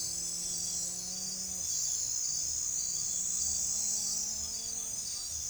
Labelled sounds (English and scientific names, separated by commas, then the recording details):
none
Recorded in forest near Pivijay, Magdalena, Colombia, on 4 June 2023 at 23:30
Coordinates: 10.467, -74.380
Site Z5-G034